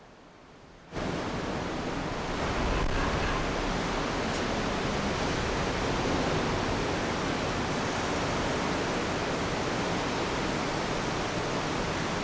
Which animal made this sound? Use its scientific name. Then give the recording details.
Vulpes lagopus. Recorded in the wild. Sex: diverse. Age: diverse. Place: Insel Mednyi, Kommandeur-Inseln, RU. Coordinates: 54.5167, 168.083. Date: 1999-07-21 16:33. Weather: oberhalb 100 m Nebel, 10,4°C, Ostwind. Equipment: Sony WM-D6C, Sennheiser MKH 70, Windkorb, Kopie Tascam DA 30. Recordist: Frommolt, Karl-Heinz